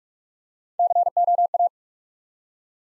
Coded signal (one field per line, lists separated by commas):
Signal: Morse code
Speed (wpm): 44 wpm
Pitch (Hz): 700 Hz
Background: none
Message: COA